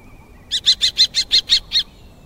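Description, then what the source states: Common Kestrel giving a quick series of eight sharp high notes lasting over a second. Perched on a signboard eating fairly large prey in the evening sun, on a sunny autumn afternoon at Watarase Retarding Basin, Japan; call described as a high, sharp 'ki-ki-ki'.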